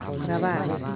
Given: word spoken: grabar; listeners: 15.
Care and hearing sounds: one Spanish word in noise, from a listening test; eight-talker babble; 0.5 dB; 2 of 15; 6 of 15; 0.56 s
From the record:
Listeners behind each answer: 6, 3, 2, 1, 1, 1, 1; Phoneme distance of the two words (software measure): 10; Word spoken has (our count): 2 syllables, 6 phonemes, stress on syllable 2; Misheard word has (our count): 2 syllables, 6 phonemes, stress on syllable 2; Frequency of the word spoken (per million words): 8.38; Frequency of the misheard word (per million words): 0.54

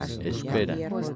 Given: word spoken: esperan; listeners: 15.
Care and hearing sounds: one Spanish word in noise, from a listening test; four-talker babble; 0.4 dB; 0 of 15; 8 of 15; 0.76 s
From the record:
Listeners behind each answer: 8, 6, 1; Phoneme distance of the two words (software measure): 7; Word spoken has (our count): 3 syllables, 7 phonemes, stress on syllable 2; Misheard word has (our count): 3 syllables, 6 phonemes, stress on syllable 2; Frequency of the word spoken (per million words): 25.85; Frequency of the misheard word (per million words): 123.55

